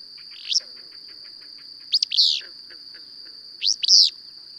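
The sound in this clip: Bird song: bright, buzzy chirps in three bursts, the later ones doubled and louder, with soft ticks between and a steady high whine throughout.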